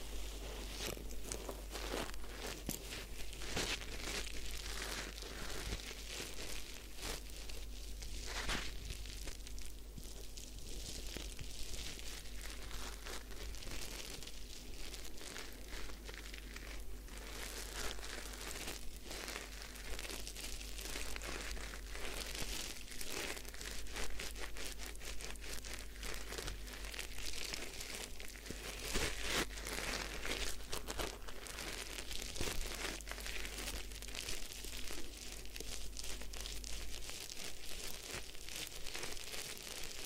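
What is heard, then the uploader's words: Dense crackling and rustling fill a hair wash and scalp massage session, with fingers rubbing through wet, lathered hair. Bright, crinkly friction sounds run steadily throughout, with brief louder bursts, over a low constant hum. ASMR Do You Need a Head Spa Hair Wash, Massage, Ear Cleaning (No Talking).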